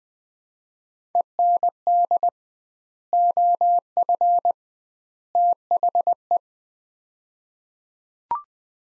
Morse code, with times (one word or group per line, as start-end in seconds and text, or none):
1.1-2.3 END
3.1-4.5 OF
5.3-6.4 THE